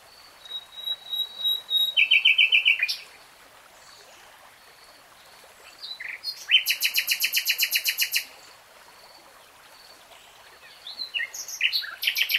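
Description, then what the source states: Nightingale song: a thin whistle and a rapid chattering trill, a pause, then a loud fast rattling series, followed by another trill after silence. Singing in real time, not sped up or slowed.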